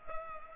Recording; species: mosquito wingbeat signal from an infrared sensor; Culex pipiens